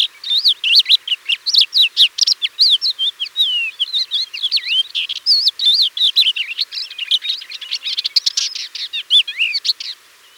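Thekla's lark delivering a long, unbroken warble of quick slurred whistles and chattering notes.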